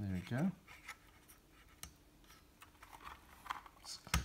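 Someone talks while a third plastic push pin of a CPU cooler fan is pushed down into a motherboard mounting hole, with light scratchy handling sounds in between. A sharp click at 4.1 s marks the pin seating firmly, confirmed as a good click.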